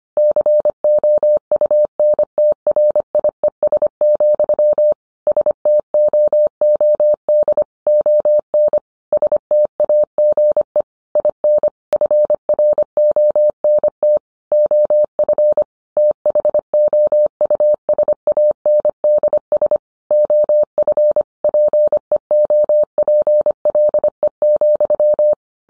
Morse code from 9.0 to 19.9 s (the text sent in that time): STAGE IN FRONT OF THOUSANDS